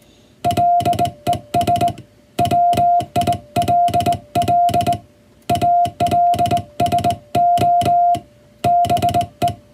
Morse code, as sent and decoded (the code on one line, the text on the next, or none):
.-.. . ... / .-- .. .-.. .-.. / .- .-.. ... --- / -... .
LES WILL ALSO BE